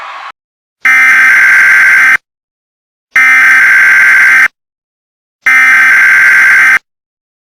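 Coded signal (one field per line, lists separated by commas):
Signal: Emergency Alert System (SAME) tones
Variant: header bursts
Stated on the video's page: Fictional EAS scenario imagining a Locust invasion, not a real alert.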